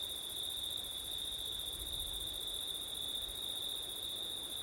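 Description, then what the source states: Crickets singing in a steady, unbroken high chorus, with a fainter shimmering layer above. Crickets on a September night with wind; ortif recording.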